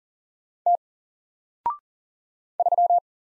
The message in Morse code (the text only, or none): T 3